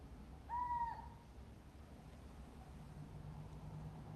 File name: athene noctua